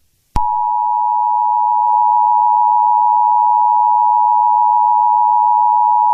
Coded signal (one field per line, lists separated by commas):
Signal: Emergency Alert System (SAME) tones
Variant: 853 and 960 Hz attention tone